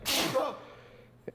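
A sneeze from an adult with allergies at the end of April.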